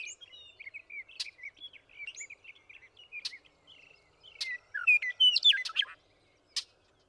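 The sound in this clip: Western meadowlark: a burst of gurgling, flute-like whistles, preceded by steady high twittering and a few sharp clicks.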